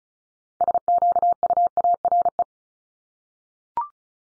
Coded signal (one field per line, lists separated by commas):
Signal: Morse code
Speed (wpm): 36 wpm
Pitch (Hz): 700 Hz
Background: none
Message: SQUARE